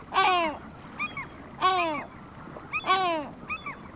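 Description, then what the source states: Great Black-backed Gull giving three loud, hoarse, falling calls spaced over four seconds, with quieter higher notes between them. Sweden.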